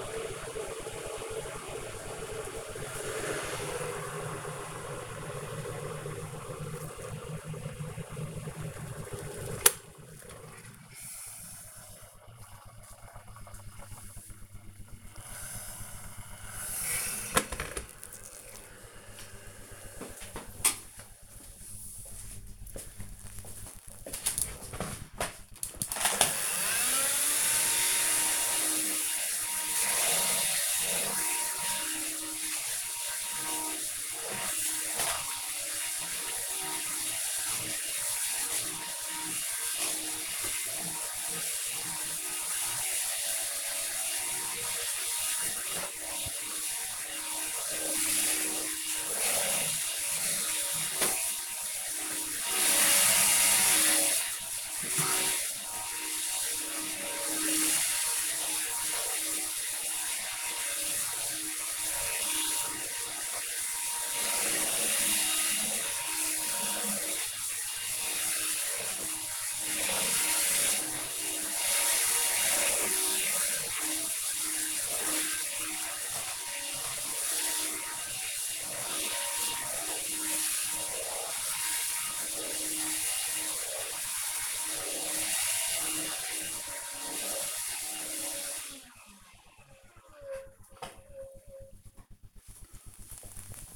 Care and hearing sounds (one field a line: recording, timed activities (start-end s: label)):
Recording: household activities, microphone on the right wrist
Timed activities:
0.00-17.24 s: making tea
25.29-88.79 s: vacuum cleaning